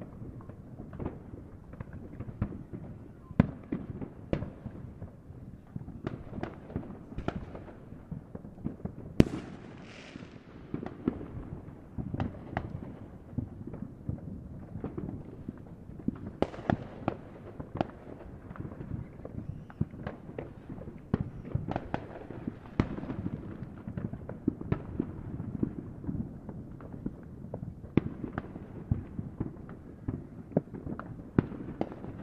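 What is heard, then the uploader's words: Small and medium fireworks go off in a backyard in a near-continuous crackle of sharp pops, with louder bangs scattered throughout. One bright whistling burst rises around nine seconds and fades over a second or two. A low rumble and faint voices sit underneath. Small and medium sized fireworks in the backyard on a 4th of July party.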